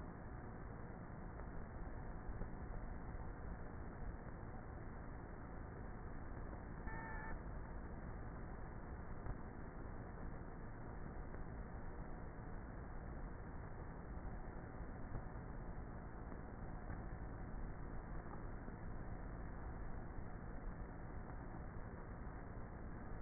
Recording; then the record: honeybee colony, microphone inside the hive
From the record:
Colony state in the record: queenless with a low population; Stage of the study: before two queens were removed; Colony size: about 30,000 bees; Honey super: no